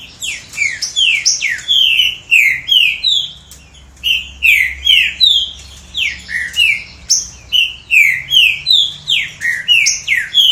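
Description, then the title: Green-winged saltator song: steady run of loud, slurred whistled notes in repeated phrases, with a brief lull near the middle. "Trinca Ferro"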